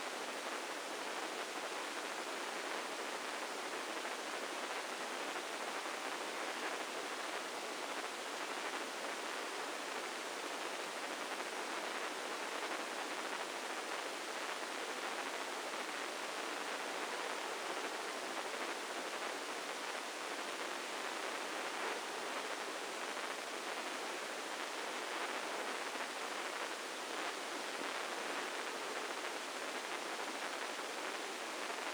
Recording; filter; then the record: brain microelectrode recording played as sound; spike band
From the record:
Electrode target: subthalamic nucleus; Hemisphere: left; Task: reaching with the right hand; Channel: 1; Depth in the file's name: 2.062 mm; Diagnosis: Parkinson's disease